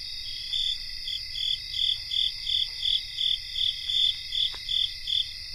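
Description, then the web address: Crickets chorusing, a constant shrill background trill with a prominent chirp pulsing evenly about three times per second. Cricket chorus, North America. "Nature Songs N America Songs of Insects Cricket chorus"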